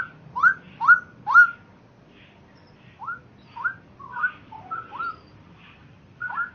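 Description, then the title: Oriental magpie-robin song: three loud rich whistled notes, a pause, then softer rising and falling whistles spaced about half a second apart. "Kicau Kacer"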